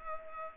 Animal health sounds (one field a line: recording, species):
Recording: mosquito wingbeat signal from an infrared sensor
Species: Culex pipiens